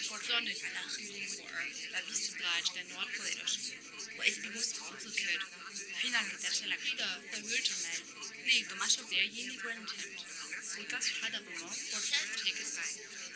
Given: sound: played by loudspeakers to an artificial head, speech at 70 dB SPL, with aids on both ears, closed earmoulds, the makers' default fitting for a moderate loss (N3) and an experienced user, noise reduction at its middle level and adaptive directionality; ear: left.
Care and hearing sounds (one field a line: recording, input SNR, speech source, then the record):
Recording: speech test signal (ISTS) in cocktail-party noise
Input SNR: -6 dB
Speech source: in front (0 degrees)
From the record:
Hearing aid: class 1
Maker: J